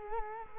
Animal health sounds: mosquito wingbeat signal from an infrared sensor; Culex quinquefasciatus

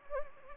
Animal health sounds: mosquito wingbeat signal from an infrared sensor; Anopheles gambiae

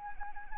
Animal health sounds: mosquito wingbeat signal from an infrared sensor; Anopheles arabiensis

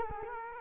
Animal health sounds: mosquito wingbeat signal from an infrared sensor; Culex quinquefasciatus

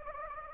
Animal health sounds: mosquito wingbeat signal from an infrared sensor; Anopheles gambiae

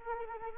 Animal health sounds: mosquito wingbeat signal from an infrared sensor; Anopheles arabiensis

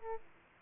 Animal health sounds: mosquito wingbeat signal from an infrared sensor; Aedes aegypti

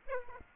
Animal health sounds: mosquito wingbeat signal from an infrared sensor; Aedes aegypti

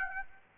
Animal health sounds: mosquito wingbeat signal from an infrared sensor; Aedes aegypti

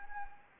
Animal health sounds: mosquito wingbeat signal from an infrared sensor; Anopheles arabiensis

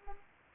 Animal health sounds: mosquito wingbeat signal from an infrared sensor; Culex pipiens

